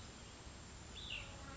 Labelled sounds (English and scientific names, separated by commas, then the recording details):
Cassin's Vireo (Vireo cassinii)
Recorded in Sonoma County, California